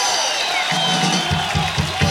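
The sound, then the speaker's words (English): A concert crowd in Los Angeles applauds and cheers for the band's ex-bass player in a steady, dense wash of clapping and shouts, while low, rhythmic thumps start up about halfway through. “I want a special round of applause for our ex-bass player, ….”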